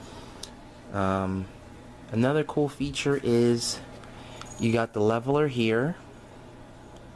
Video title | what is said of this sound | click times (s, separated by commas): What I got for Christmas Part 2 -12/25/13 | gravity pulls them down and they'll fully lock into place and you just close the tabs | 0.4 s